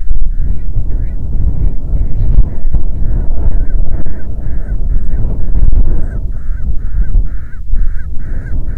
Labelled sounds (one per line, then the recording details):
bird
wind
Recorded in the Prudhoe Bay oil fields, Alaska, on 6 June 2019 at 03:51
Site 16